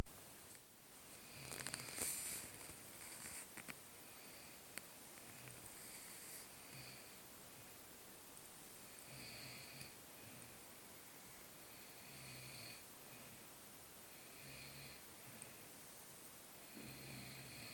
Snoring like a pig.